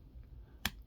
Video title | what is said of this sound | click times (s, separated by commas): Transformers Studio Series 86 Bonecrusher review | They lock into place, which is kind of meh, but it's all right. | 0.7 s